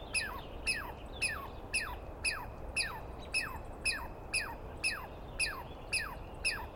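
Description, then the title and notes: Douglas squirrel calling insistently, a steady string of about thirteen harsh, falling notes, each a quick buzzy burst dropping in pitch, roughly two each second. Screaming Douglas Pine Squirrel, one animal, recorded at dawn on 21 April 2017 in the East Cascades, calling for a long while; recordist not fully certain of identification. "On the morning of 21 April, 2017, I set up my microphones and recorder for a nice dawn recording in the East Cascades. I was started awake by a screaming Douglas Pine Squirrel"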